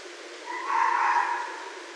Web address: Red Fox 2011 12 31 Red Fox